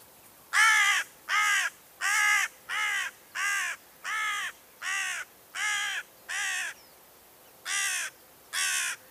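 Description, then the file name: Carrion crow calling a long series of eleven rasping caws at a fairly steady pace, with one slightly longer pause near the end. "Corvus corone"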